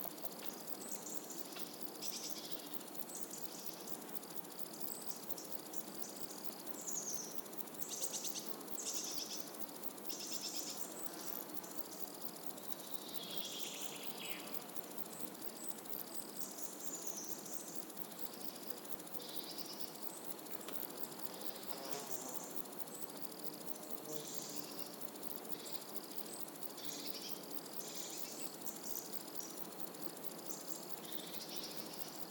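Insects buzz and whir steadily through a warm summer morning, a dense, even texture with a high, thin whine running throughout. Birds chirp and trill behind them, short bright calls scattered every few seconds, with a busier cluster around eight to nine seconds.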